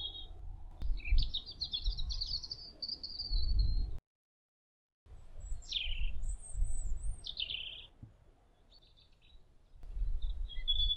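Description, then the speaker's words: European robin singing high, scratchy warbling phrases separated by brief silences, some notes sliding downward, with low background rumble and a short gap. Singing in a bush beside a path running along a railway and road in Essex, May 2023, on a spring birdsong walk. "There's a robin singing in the bush up here now."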